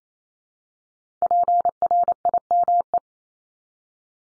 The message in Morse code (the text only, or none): PRIME